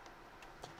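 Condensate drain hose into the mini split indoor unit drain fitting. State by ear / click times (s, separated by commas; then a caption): not seated / none. A mini split condensate drain hose is handled at its plastic coupling on the indoor unit drain fitting, with faint ticking against a steady low background and a brief sharper tick near 0.6 s. Nothing has seated or clicked into place yet.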